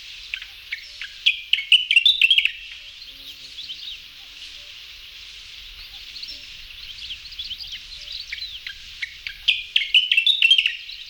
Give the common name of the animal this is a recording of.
Gray's Grasshopper Warbler